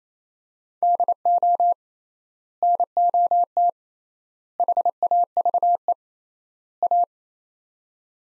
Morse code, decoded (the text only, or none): DO NOT HAVE A